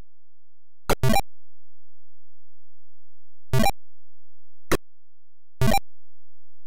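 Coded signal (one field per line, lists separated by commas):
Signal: none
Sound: game sound effects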